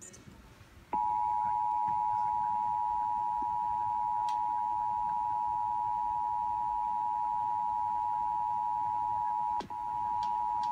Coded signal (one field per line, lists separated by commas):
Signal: Emergency Alert System (SAME) tones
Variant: 853 and 960 Hz attention tone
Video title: NJ Required Monthly Test (6/19/19)